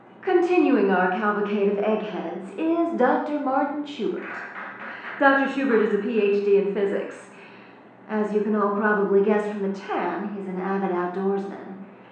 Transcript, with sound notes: Continuing our cavalcade of eggheads is Dr. Martin Schubert (clapping). Dr. Schubert is a Ph.D. in physics. As you can all probably guess from the tan, he’s an avid outdoorsman.